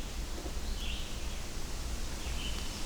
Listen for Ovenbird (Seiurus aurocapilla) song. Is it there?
no